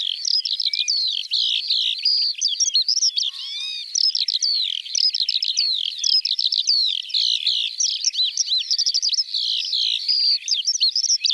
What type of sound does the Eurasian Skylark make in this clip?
song